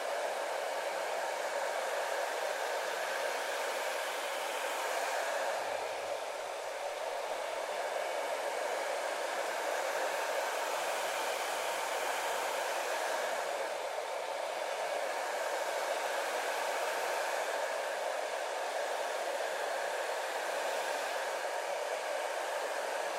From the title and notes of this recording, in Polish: ASMR WIZYTA U FRYZJERA GWIAZD - ATELIER KAJETAN GÓRA.